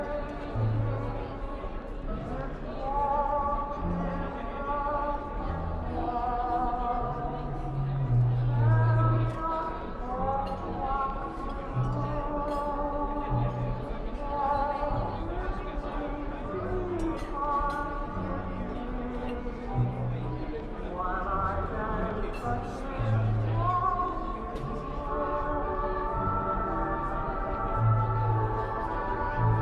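Old-time music plays steadily in a coffee shop, with sustained melodic lines and a thumping bass pulse that shifts every second or so. Light talking murmurs underneath throughout, and the level stays fairly even across the whole stretch.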